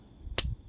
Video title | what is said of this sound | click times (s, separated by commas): Remington Knives, Bullet Knives and Silver Bullet Knives of the 1980's and 90's ~ EXCELLENT QUALITY | Yep. You guys can hear that snap. | 0.4 s